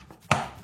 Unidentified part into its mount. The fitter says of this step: on entend le clic une